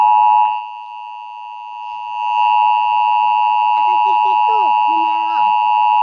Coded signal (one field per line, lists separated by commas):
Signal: Emergency Alert System (SAME) tones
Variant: 853 and 960 Hz attention tone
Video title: EAS Test